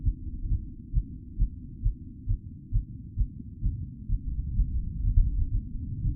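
Fast, regular low thumps at about 130 beats a minute, muffled and deep with a faint rumble beneath. It is an adult's rapid heartbeat just after a climb, the heart speeding up after physical exertion.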